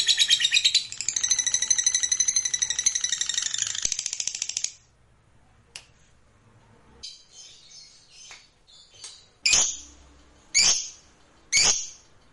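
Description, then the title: Lovebird long trill: a dense, rapid, buzzy chattering for nearly five seconds, then silence broken by a few scattered sharp chirps. Fighter-class lovebird delivering a long ngekek, an extended rapid trill. "Begitu Dengar Suara Lovebird FIGHTER NGEKEK PANJANG"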